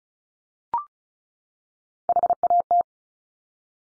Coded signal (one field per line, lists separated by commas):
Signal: Morse code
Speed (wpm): 36 wpm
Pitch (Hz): 700 Hz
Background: none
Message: HAT